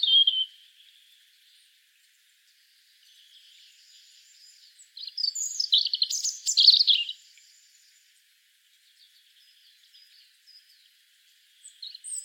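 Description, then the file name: European robin song: a brief note, a soft thin warble, then one loud jumbled phrase of high twitters and trills before quiet fragments. "Erithacus rubecula"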